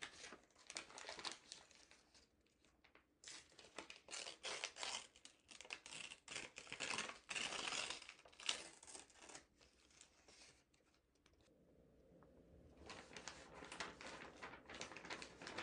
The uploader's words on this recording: Rustling Paper ASMR. Muffled Gentle Swishing Sounds, No Talking.